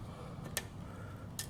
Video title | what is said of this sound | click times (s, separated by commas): 2014 Ultra Classic 10 Dominator Meathook handlebars 1 | snaps into place | 0.6 s, 1.4 s